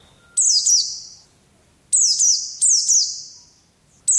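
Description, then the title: White-eye producing loud, high downward-slurred notes in short bursts, each trailing off, several bursts over a few seconds. Song in the ngalas singing style. "Pleci ngalas"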